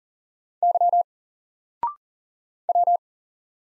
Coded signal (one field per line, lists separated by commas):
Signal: Morse code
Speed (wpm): 40 wpm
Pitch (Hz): 700 Hz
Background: none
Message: Y W